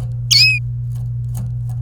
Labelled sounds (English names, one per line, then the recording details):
Domestic Canary song
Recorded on 29 April 2018 at 05:43
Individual llb3